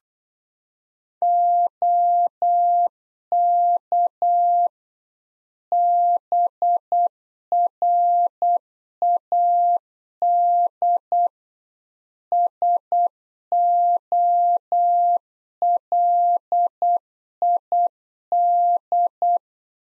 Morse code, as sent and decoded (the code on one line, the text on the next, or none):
--- -.- / -... .-. .- -.. / ... --- .-.. .. -..
OK BRAD SOLID